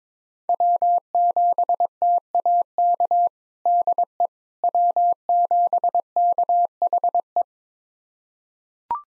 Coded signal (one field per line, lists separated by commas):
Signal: Morse code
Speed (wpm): 22 wpm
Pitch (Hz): 700 Hz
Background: none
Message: W7TAK DE W7KHE